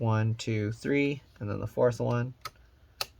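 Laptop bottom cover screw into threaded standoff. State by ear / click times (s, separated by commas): seated / 3.0 s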